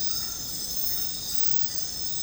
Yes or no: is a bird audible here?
no